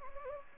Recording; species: mosquito wingbeat signal from an infrared sensor; Anopheles arabiensis